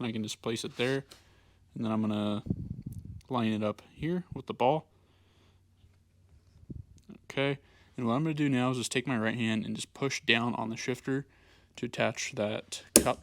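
A DM-3 shifter's plastic socket cup is placed and lined up over the shift lever ball on a 2022–25 Toyota GR Corolla, ready to be pushed down by hand. Someone talks throughout, with a few faint, small clicks of handling around 6.7–7.2 seconds in a quiet pause. The cup has not snapped onto the ball yet.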